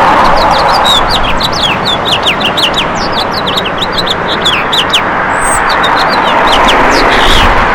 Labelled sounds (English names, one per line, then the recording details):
House Finch song
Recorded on Long Island, New York, on 14 June 2012
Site GL
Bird D